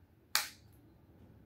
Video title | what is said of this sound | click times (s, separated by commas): Keelat KCD 013 Cordless Drill Review | and that's it. Naka-lock na siya. | 0.4 s